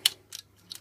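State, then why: Seated. The plastic nose cone of an MP-11 Masterpiece Starscream transforming robot action figure is clicked into place after the small side pieces of the head are squeezed. A sharp, loud click at 0.1 s seats the nose cone, followed by softer plastic clicks and rattles around 0.3 s, 0.7 s and 0.8 s.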